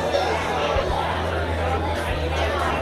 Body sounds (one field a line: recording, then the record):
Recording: background sound without coughing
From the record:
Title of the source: CITY SOUNDS Busy Bar in the Evening Night - 2 HOURS of Ambiance for Relaxation